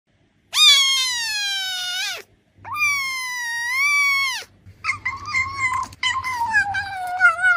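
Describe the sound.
Cat: kitten meowing: two long, drawn-out high mews, then a run of shorter wavering cries, with a faint low hum beneath.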